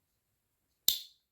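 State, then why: Seated. A blade on a two-blade collector pocket knife, with a large blade and a pin blade, snaps into position in its handle under the backspring. A single sharp, bright snap at 0.9 s is loudest in the high frequencies and fades within about a quarter second, with near silence before it. The blade is seated.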